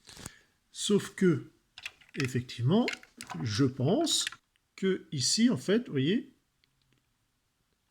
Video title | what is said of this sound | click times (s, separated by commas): Repair Fix - MASK TLS - Thunderhawk & Rhino | on appuie et ça libère. | 0.3 s